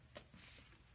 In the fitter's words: did you hear the click sound so the click sound indicates that everything is set up